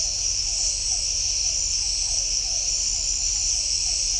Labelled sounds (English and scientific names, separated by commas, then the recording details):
none
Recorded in shrubland near Pivijay, Magdalena, Colombia, on 2 June 2023 at 00:30
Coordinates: 10.453, -74.365
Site P5-G022